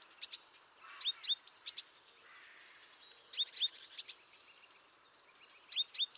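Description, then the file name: Great tit giving high, thin, sharp notes and short upward-sweeping chips in brief bursts, separated by quiet gaps, over faint background noise. "Parus major"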